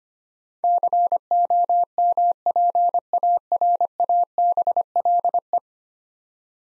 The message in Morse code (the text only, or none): COMPARABLE